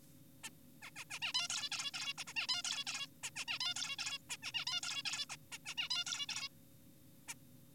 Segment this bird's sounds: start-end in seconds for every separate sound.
0.44-0.50, 0.82-0.91, 0.96-1.04, 1.10-1.19, 1.22-1.33, 1.34-1.48, 1.50-1.69, 1.72-1.91, 1.94-2.14, 2.18-2.24, 2.27-2.34, 2.36-2.47, 2.49-2.62, 2.64-2.84, 2.87-3.07, 3.24-3.30, 3.36-3.45, 3.48-3.59, 3.60-3.74, 3.76-3.96, 3.99-4.18, 4.30-4.37, 4.43-4.52, 4.54-4.65, 4.67-4.81, 4.83-5.02, 5.05-5.26, 5.30-5.36, 5.52-5.58, 5.66-5.74, 5.78-5.89, 5.90-6.04, 6.06-6.26, 6.29-6.48, 7.28-7.34